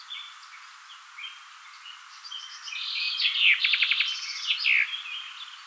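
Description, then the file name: Common chaffinch song: quiet background chatter, then a loud series of trilled notes ending in a flourish. "Fringilla coelebs"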